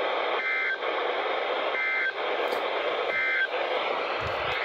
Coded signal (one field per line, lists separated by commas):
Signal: Emergency Alert System (SAME) tones